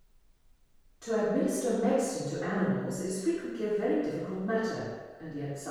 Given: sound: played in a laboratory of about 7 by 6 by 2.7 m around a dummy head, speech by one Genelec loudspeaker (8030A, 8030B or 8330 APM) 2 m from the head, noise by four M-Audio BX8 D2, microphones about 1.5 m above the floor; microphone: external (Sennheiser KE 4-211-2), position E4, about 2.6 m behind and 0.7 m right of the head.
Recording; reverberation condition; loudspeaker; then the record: female speech in English; high; 120 degrees to the left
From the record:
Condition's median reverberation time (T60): about 1300 ms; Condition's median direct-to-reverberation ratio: about -4.0 dB